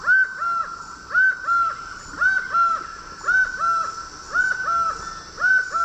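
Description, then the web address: Laughing falcon giving hoarse two-part notes, a stressed first note and a lower second, repeated about once a second against a continuous hum. Song; Eastern Lowlands of South America. "Natures Songs S America Eastern Lowlands Herpetotheres cachinnans, song"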